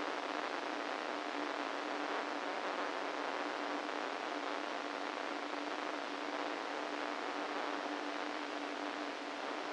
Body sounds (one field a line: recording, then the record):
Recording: brain microelectrode recording played as sound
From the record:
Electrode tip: inside the subthalamic nucleus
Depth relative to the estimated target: 1 mm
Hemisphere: right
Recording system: NeuroSet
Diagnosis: Parkinson's disease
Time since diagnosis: 13 years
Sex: male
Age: 49 years